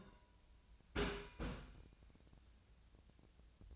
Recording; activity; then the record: daily activity, microphone in the room; place on stove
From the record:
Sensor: 2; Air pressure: 1009.8 hPa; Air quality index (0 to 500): 181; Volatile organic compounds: 10 ppm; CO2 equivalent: 2263 ppm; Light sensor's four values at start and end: 31/77/33/37 and 31/77/33/37